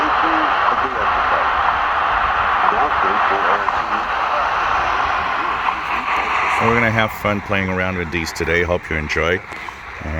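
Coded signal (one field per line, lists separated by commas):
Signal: radio time signal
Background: speech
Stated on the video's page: Received on Tecsun PL-330 and XHDATA D808 radios.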